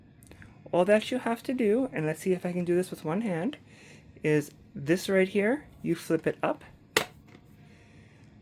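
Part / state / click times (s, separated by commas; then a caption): brush roll latch on cordless vacuum floor head / released / 7.0 s. Someone talks while flipping up the brush roll latch on the floor head of a V16 Pro cordless vacuum cleaner with one hand. A sharp click at 7.0 s marks the latch releasing, leaving the brush roll free to be removed.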